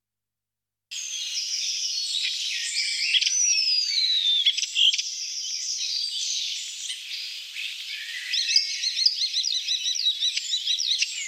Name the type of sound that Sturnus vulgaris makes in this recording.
song